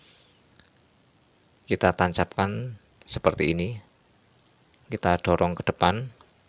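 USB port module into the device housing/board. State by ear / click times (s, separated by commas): not seated / none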